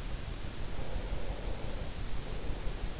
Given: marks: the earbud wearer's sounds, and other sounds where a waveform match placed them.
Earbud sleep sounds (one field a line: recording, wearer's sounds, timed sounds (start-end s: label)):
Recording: sounds in sleep by an in-ear microphone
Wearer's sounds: breath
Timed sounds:
0.54-3.00 s: breath